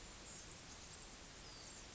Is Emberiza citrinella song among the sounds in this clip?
no